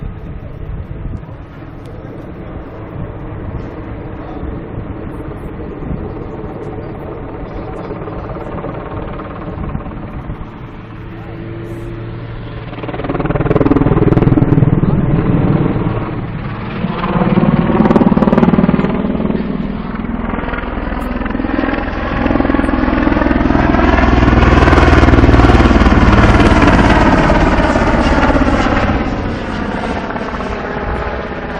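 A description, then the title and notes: A Super Puma helicopter performs, its rotor and engine droning steadily at first with a layered, pulsing tone. Around thirteen seconds the sound swells louder and rougher, the pitch rising and falling as it maneuvers, peaking brightest near twenty-five seconds before easing slightly. Super Puma acrobatic in Dübendorf. Two practice runs for a life-sized Super Puma military aircraft doing acrobatics (death spirals, knife edge drops, stall turns, etc).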